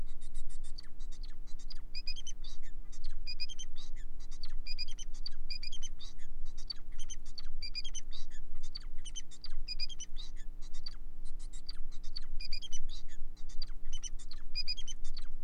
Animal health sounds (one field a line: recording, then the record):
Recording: song of a male Bengalese finch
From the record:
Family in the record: son of father 4